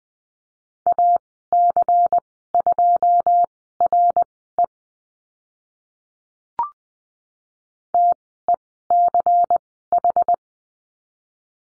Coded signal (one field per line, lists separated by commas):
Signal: Morse code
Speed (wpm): 20 wpm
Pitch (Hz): 700 Hz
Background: none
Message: AC2RE TECH